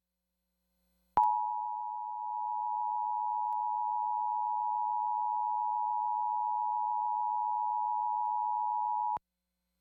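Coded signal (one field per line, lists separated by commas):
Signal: Emergency Alert System (SAME) tones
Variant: 853 and 960 Hz attention tone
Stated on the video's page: Required monthly EAS tests as aired on Seattle/Tacoma broadcast television stations.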